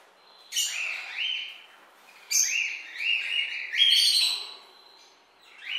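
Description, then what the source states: Parrots calling with grating squawks and sliding notes, several birds overlapping in loud bursts. Many parrots together.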